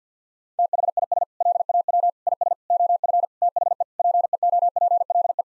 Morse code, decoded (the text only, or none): THIS LAW IS OF THE PEOPLE